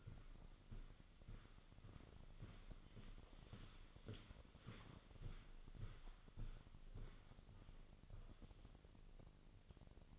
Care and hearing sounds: daily activity, microphone in the room; walk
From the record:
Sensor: 4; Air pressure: 1010.1 hPa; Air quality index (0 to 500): 171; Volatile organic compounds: 2 ppm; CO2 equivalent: 1244 ppm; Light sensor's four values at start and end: 53/132/56/61 and 53/131/55/60

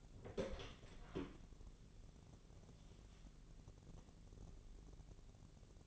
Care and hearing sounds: daily activity, microphone in the room; open door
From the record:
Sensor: 4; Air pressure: 1001.2 hPa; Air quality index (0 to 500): 184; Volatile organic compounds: 3 ppm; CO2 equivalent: 1318 ppm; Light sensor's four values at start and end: 16/38/15/16 and 14/33/14/14

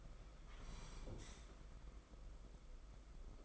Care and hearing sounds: daily activity, microphone in the room; sit down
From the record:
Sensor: 5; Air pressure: 991.8 hPa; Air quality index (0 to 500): 142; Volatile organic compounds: 126 ppm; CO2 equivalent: 3908 ppm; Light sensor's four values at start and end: 32/108/40/43 and 32/108/40/43

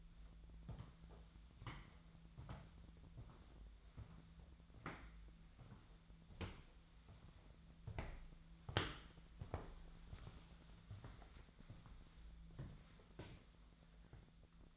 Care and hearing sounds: daily activity, microphone in the room; walk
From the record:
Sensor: 3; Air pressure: 1008.4 hPa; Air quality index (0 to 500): 191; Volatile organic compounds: 14 ppm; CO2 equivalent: 2451 ppm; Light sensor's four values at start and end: 20/48/20/21 and 19/46/20/20

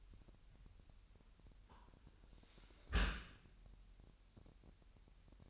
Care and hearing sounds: daily activity, microphone in the room; close dishwasher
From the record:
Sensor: 2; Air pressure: 998.1 hPa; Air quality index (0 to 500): 148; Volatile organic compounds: 4 ppm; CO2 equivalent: 1682 ppm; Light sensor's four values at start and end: 9/29/11/11 and 9/29/11/11

